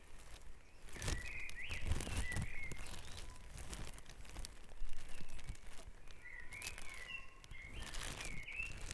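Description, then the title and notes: Bird song: repeated short whistled phrases at the start and again near the end, with crackling, rustling noise throughout. Dawn chorus at Back Dragon Avenue, Harrogate. "Dawn Chorus // Back Dragon Avenue, Harrogate. Sound Map Of Harrogate"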